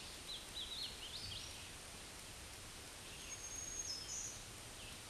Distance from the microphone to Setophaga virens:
about 20 m